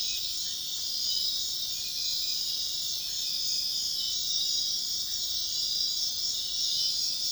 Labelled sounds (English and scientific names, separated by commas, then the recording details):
none
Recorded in dense forest near Puerto Asís, Putumayo, Colombia, on 20 February 2024 at 04:30
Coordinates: 0.502, -76.324
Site G6370